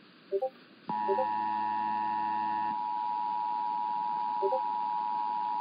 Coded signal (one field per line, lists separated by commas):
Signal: Emergency Alert System (SAME) tones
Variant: 853 and 960 Hz attention tone